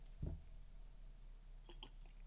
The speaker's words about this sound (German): Ein Schlückchen Wasser.